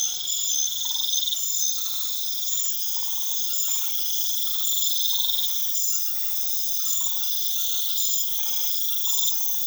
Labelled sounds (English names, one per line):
none